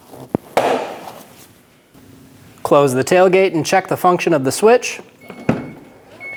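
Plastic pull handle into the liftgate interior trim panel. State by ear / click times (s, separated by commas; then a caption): seated / 0.3 s, 0.6 s. Plastic pull handles are pressed into the liftgate interior trim panel of a 2011-2027 Dodge Durango, with a sharp click at 0.3 s and another at 0.6 s as they seat. Someone then talks, and two more short knocks follow near 5.3 s and 5.5 s, with a faint steady tone toward the end.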